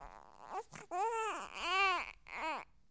Crying baby sound effects the hollywood edge sound effects library.